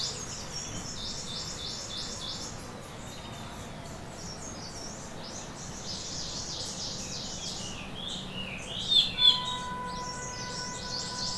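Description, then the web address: Rusty-tailed flycatcher singing high, rapid slurred notes in bursts, with a pause midway, over a low hiss; two sharp, louder notes near the end. "Muscicapa ruficauda song. birds of the ussr"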